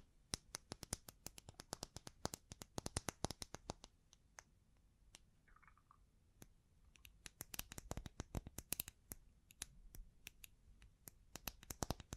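Bling bling triggers: sharp, bright clicks and taps tumble rapidly, thin out in a quieter stretch with a brief soft tone, then crowd back.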